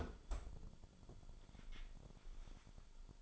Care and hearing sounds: daily activity, microphone in the room; close fridge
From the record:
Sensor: 5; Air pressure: 1007.9 hPa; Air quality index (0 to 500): 99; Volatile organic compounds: 1 ppm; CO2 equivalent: 770 ppm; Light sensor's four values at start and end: 40/91/38/39 and 39/90/38/39

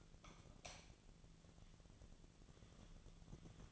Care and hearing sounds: daily activity, microphone in the room; light off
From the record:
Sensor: 4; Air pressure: 1000.8 hPa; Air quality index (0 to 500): 126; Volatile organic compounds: 1 ppm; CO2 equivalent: 943 ppm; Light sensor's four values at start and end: 38/96/40/44 and 35/85/36/39

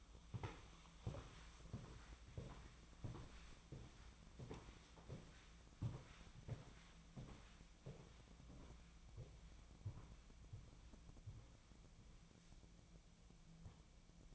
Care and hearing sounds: daily activity, microphone in the room; walk to room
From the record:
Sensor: 1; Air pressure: 1010.2 hPa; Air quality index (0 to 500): 182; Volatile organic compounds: 15 ppm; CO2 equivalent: 2503 ppm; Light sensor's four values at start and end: 31/81/33/41 and 38/97/41/50

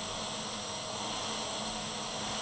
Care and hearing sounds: daily activity, microphone in the room; vacuum cleaning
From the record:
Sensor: 4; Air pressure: 1011.1 hPa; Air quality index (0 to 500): 150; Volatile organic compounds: 3 ppm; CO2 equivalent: 1532 ppm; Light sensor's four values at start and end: 90/240/100/105 and 90/239/100/105

